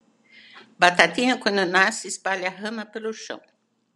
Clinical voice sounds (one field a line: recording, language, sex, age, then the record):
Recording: short text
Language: Brazilian Portuguese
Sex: female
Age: 70 to 79 years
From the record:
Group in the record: control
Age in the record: 73 years